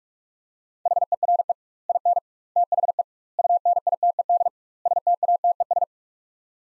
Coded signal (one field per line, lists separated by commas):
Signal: Morse code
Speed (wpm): 46 wpm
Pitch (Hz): 700 Hz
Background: none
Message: HERE IN THE UNITED STATES